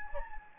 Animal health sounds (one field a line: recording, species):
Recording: mosquito wingbeat signal from an infrared sensor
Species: Anopheles gambiae